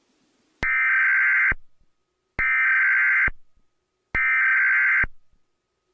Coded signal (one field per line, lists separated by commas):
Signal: Emergency Alert System (SAME) tones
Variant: header bursts